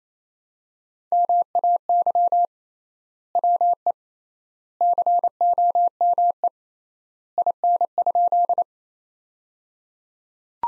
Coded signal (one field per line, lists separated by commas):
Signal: Morse code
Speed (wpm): 28 wpm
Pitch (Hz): 700 Hz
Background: none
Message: MAY WE COME IN?